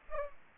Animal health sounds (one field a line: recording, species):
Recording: mosquito wingbeat signal from an infrared sensor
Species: Aedes aegypti